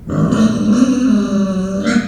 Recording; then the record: squeal of a Yucatan mini pig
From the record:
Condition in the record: after surgery on the right vocal fold (resection and tissue-engineered implant); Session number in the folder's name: 6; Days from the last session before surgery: 40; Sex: female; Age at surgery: 19 weeks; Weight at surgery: 25 kg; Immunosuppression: prednisolone